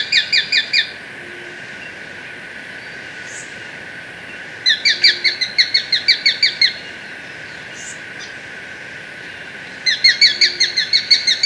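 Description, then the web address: Plain-breasted Hawk giving rapid series of ringing notes in three bursts of up to about a dozen notes each, separated by pauses of three to four seconds, with faint thin high notes between. Recorded in Ecuador. "Birds of Ecuador. Plain-Breasted Hawk"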